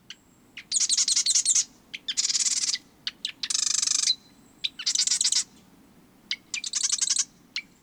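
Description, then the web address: Marsh Wren singing rapid mechanical rattles, five bursts interspersed with quick ticking notes. "BIRD NOTE. Marsh Wrens"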